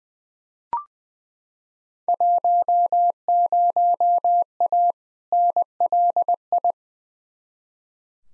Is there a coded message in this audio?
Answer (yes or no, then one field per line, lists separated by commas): yes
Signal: Morse code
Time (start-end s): 2.1-6.7 s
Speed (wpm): 20 wpm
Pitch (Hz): 700 Hz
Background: none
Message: 10A NLI